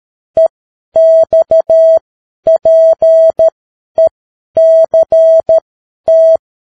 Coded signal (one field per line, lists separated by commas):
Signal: Morse code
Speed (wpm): 13 wpm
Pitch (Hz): 650 Hz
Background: none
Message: EXPECT